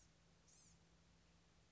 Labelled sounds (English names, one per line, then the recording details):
Blue-gray Gnatcatcher
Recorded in Sonoma County, California